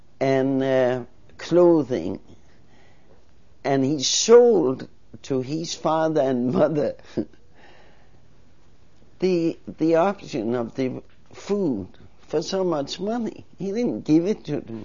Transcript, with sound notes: and, uh, clothing. And he sold to his father and mother,, (she laughs) the, the auction of the food for so much money, he didn't give it to,